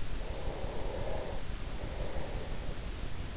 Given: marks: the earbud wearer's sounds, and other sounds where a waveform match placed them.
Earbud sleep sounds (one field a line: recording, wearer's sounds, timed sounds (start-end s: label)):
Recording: sounds in sleep by an in-ear microphone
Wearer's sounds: breath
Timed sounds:
0.23-3.20 s: breath